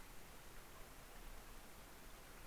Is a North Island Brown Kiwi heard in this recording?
no